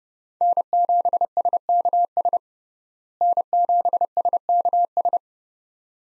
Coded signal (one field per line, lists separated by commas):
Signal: Morse code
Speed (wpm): 30 wpm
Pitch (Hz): 700 Hz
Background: none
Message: N7SKS N7SKS